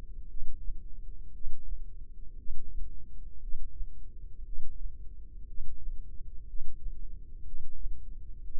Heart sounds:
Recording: heart sounds by microphone in the left ear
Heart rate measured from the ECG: 59 bpm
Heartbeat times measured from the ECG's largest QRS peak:
0.26 s: heartbeat
1.31 s: heartbeat
2.35 s: heartbeat
3.39 s: heartbeat
4.43 s: heartbeat
5.45 s: heartbeat
6.45 s: heartbeat
7.43 s: heartbeat
8.41 s: heartbeat
From the record:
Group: healthy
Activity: Valsalva maneuver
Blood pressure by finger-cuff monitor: 165/81 mmHg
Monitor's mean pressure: 96 mmHg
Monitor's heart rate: 58 bpm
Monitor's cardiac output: 5.3 L/min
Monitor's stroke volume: 92 mL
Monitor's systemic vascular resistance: 1340 dyn s/cm5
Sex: male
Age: 25 years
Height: 170 cm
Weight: 70.4 kg

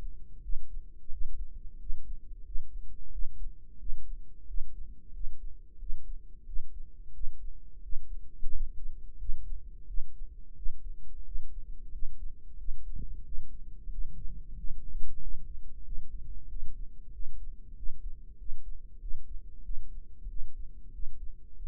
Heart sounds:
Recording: heart sounds by microphone in the right ear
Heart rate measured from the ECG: 91 bpm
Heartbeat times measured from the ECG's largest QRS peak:
0.43 s: heartbeat
1.12 s: heartbeat
1.80 s: heartbeat
2.46 s: heartbeat
3.13 s: heartbeat
3.80 s: heartbeat
4.48 s: heartbeat
5.14 s: heartbeat
5.80 s: heartbeat
6.47 s: heartbeat
7.14 s: heartbeat
7.83 s: heartbeat
8.53 s: heartbeat
9.19 s: heartbeat
9.88 s: heartbeat
10.57 s: heartbeat
11.26 s: heartbeat
11.93 s: heartbeat
12.59 s: heartbeat
13.25 s: heartbeat
13.91 s: heartbeat
14.58 s: heartbeat
15.22 s: heartbeat
15.86 s: heartbeat
16.50 s: heartbeat
17.13 s: heartbeat
17.77 s: heartbeat
18.39 s: heartbeat
19.01 s: heartbeat
19.64 s: heartbeat
20.30 s: heartbeat
20.94 s: heartbeat
21.58 s: heartbeat
From the record:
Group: healthy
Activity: rest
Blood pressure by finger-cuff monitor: 136/68 mmHg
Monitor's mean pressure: 87 mmHg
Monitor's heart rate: 91 bpm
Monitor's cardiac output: 8.2 L/min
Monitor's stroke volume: 91 mL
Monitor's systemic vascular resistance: 780 dyn s/cm5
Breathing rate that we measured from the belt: 19 breaths a minute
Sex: male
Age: 21 years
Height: 175 cm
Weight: 72.6 kg

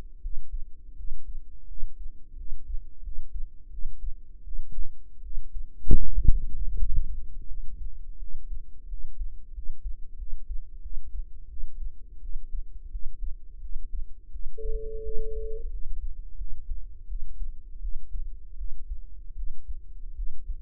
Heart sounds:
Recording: heart sounds by microphone in the right ear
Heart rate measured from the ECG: 84 bpm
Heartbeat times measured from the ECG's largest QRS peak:
0.20 s: heartbeat
0.95 s: heartbeat
1.66 s: heartbeat
2.35 s: heartbeat
3.01 s: heartbeat
3.69 s: heartbeat
4.42 s: heartbeat
5.21 s: heartbeat
6.01 s: heartbeat
6.75 s: heartbeat
7.47 s: heartbeat
8.18 s: heartbeat
8.88 s: heartbeat
9.53 s: heartbeat
10.17 s: heartbeat
10.81 s: heartbeat
11.48 s: heartbeat
12.20 s: heartbeat
12.90 s: heartbeat
13.60 s: heartbeat
14.30 s: heartbeat
15.03 s: heartbeat
15.70 s: heartbeat
16.37 s: heartbeat
17.07 s: heartbeat
17.80 s: heartbeat
18.57 s: heartbeat
19.35 s: heartbeat
20.15 s: heartbeat
From the record:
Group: healthy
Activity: rest 0-18 s, breath hold 18-21 s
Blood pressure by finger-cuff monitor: 103/66 mmHg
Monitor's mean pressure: 79 mmHg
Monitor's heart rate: 83 bpm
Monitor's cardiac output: 7.3 L/min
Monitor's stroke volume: 87 mL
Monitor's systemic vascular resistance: 750 dyn s/cm5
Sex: female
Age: 19 years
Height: 163 cm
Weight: 48.9 kg

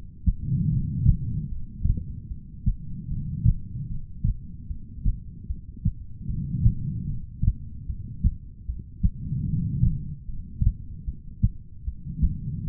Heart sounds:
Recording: heart sounds by stethoscope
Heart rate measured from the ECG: 75 bpm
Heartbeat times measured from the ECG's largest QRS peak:
0.69 s: heartbeat
1.49 s: heartbeat
2.29 s: heartbeat
3.08 s: heartbeat
3.88 s: heartbeat
4.68 s: heartbeat
5.47 s: heartbeat
6.27 s: heartbeat
7.07 s: heartbeat
7.86 s: heartbeat
8.66 s: heartbeat
9.46 s: heartbeat
10.26 s: heartbeat
11.05 s: heartbeat
11.85 s: heartbeat
12.65 s: heartbeat
From the record:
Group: heart failure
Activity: rest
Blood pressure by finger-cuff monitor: 94/63 mmHg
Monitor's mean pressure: 75 mmHg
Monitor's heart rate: 75 bpm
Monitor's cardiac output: 4.9 L/min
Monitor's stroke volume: 65 mL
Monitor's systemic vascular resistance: 1090 dyn s/cm5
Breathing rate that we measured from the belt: 21 breaths a minute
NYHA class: 2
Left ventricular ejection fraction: 58%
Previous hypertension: present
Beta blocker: bisoprolol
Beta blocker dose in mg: 5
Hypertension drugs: ramipril, spironolactone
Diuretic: furosemide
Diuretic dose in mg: 160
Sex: female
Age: 55 years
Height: 155 cm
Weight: 67 kg

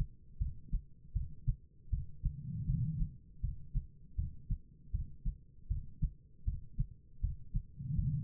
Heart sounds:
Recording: heart sounds by stethoscope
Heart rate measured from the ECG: 79 bpm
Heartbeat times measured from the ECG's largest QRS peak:
0.39 s: heartbeat
1.13 s: heartbeat
1.90 s: heartbeat
2.66 s: heartbeat
3.41 s: heartbeat
4.16 s: heartbeat
4.92 s: heartbeat
5.68 s: heartbeat
6.45 s: heartbeat
7.21 s: heartbeat
7.95 s: heartbeat
From the record:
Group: healthy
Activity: rest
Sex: female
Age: 51 years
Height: 162 cm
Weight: 70.04 kg

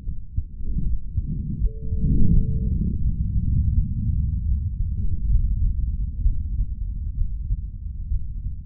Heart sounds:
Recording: heart sounds by stethoscope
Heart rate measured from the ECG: 75 bpm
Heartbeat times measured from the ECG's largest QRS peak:
0.04 s: heartbeat
0.83 s: heartbeat
1.58 s: heartbeat
2.31 s: heartbeat
3.02 s: heartbeat
3.72 s: heartbeat
4.45 s: heartbeat
5.28 s: heartbeat
6.23 s: heartbeat
7.14 s: heartbeat
8.08 s: heartbeat
From the record:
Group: healthy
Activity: rest 0-3 s, breath hold 3-9 s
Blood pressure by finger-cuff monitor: 134/94 mmHg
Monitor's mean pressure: 106 mmHg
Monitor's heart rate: 75 bpm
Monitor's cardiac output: 3.5 L/min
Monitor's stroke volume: 46 mL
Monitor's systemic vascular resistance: 2230 dyn s/cm5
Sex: male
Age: 55 years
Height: 167 cm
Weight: 57.2 kg

